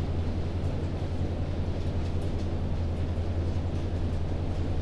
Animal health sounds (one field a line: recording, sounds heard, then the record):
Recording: poultry house recording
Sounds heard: no chicken sound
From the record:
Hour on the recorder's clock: 22